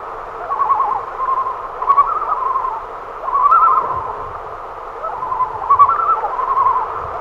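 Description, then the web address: Common loon tremolo: repeated rapid quavering laugh-like phrases in a series. "great northern loon"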